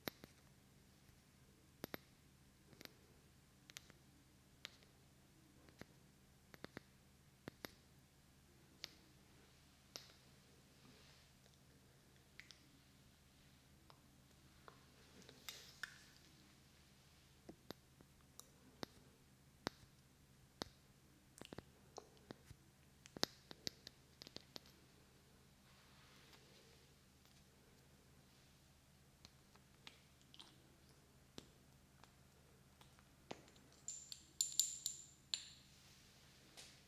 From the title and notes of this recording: ASMR Ear Lotion Ear Massage Ear Cupping.